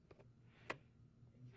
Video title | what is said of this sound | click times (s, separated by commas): Fluval FX5 Setup Tutorial (Part 2) | Be sure to press down until it clicks into place. | 0.7 s